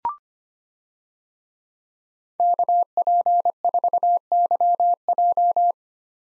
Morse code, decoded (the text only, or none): KP4YJ